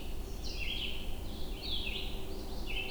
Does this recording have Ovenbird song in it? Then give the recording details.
no. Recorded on 22 June 2016 at 07:00. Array SBT-6-76